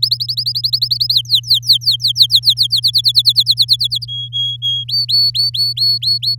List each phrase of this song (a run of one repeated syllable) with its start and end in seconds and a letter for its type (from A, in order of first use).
0.02-1.14 A, 1.14-2.54 B, 2.56-4.05 C, 4.08-4.84 D, 4.88-6.35 E